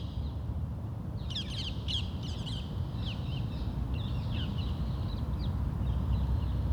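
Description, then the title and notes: Crow calls in a quick run of harsh, rasping bursts over about a second and a half, then fainter scattered calls, above a steady low rumble. Wolvendael Park, Uccle, Belgium; park ambience; recorded with DPA 2006c microphones in AB position into SD Mixpre D and Sony PCM-M10. "Parc de Wolvendael, 1180 Uccle, Belgium - Corbeaux - Crows. Ambiance dans le parc, quelques oiseaux. Ambience in the park, some birds"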